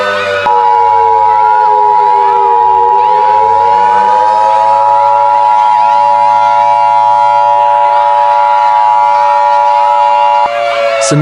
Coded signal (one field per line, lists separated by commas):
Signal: Emergency Alert System (SAME) tones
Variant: 853 and 960 Hz attention tone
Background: speech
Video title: Mortal Kombat An EAS Scenario